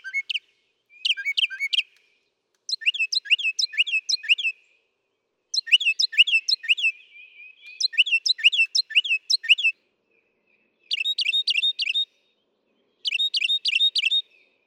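Northern mockingbird delivering long varied song: bursts of crisp, rapidly repeated notes, each pattern sung a few times, separated by short pauses.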